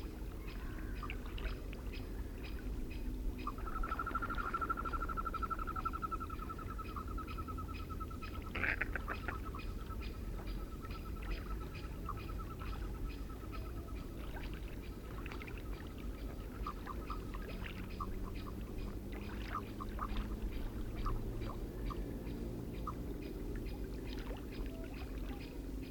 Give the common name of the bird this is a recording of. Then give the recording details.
Common Merganser. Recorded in the wild. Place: Ralswiek, Insel Rügen, Mecklenburg-Vorpommern, DE. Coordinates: 54.472, 13.441. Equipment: Nagra III BH, Sennheiser MD 21, parabola. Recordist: Schubert, Michael. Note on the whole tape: Gänsesäger - Männchen mit "gö" - Rufen, Weibchen mit gereihtem "garr", Tauchgeräusche, Abfl. Schellenten